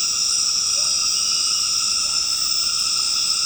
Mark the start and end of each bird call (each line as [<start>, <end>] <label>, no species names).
[0.70, 0.95] bird call